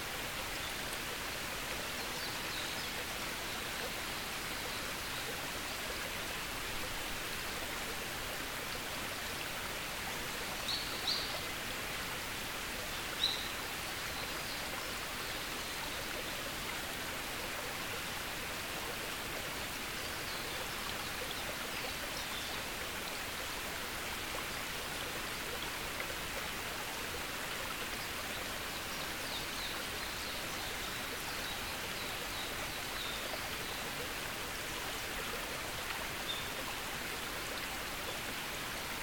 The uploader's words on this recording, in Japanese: 朝昼晩それぞれの時間帯にあわせて喜田圭一郎さんがセレクトした屋久島・ニューカレドニア・西表島の自然音をお届けします。